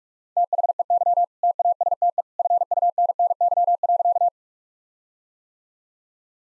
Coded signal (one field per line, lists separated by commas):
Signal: Morse code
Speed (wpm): 42 wpm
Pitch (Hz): 700 Hz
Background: none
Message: THEY TASTE FUNNY.